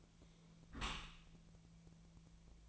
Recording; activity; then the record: daily activity, microphone in the room; close dishwasher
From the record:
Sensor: 1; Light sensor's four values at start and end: 11/27/11/13 and 11/27/11/13